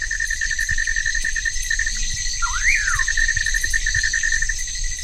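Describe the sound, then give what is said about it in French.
A dense, unbroken chorus of insects buzzes and trills at several high pitches, while a single brief bird whistle swoops upward and then slides down partway through. “Donc il y a beaucoup d'insectes.”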